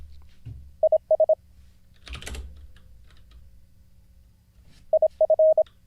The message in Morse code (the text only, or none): IS IF